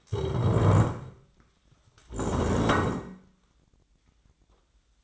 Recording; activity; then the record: daily activity, microphone in the room; stand up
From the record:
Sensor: 3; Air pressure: 1012.2 hPa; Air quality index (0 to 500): 175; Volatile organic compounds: 3 ppm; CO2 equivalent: 1339 ppm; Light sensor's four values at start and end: 63/156/70/74 and 90/201/97/108